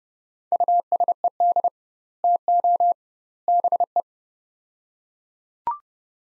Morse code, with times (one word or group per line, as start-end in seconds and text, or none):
0.5-1.7 USED
2.2-2.9 TO
3.5-4.0 BE